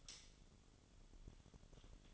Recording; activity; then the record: daily activity, microphone in the room; light off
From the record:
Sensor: 4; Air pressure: 1008.7 hPa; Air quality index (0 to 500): 98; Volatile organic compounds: 1 ppm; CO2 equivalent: 734 ppm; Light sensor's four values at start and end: 13/30/12/12 and 12/28/11/11